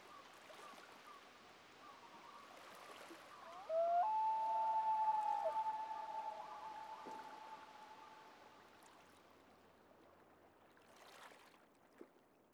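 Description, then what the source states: Common loon wail, a long clear tone that steps up and then holds steady for about two and a half seconds before fading, with a fainter higher tone beforehand and soft background hiss. A duet of common loons.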